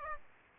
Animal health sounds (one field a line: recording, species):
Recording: mosquito wingbeat signal from an infrared sensor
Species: Aedes aegypti